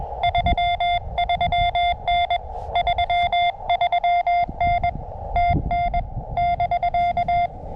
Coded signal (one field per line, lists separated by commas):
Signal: Morse code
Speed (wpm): 21 wpm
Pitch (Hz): 700 Hz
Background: none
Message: 33N 33N TN <BK>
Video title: Activating Chenango Valley State Park: CW POTA @ K-2032 using the Elecraft KX2 and AX1 antenna.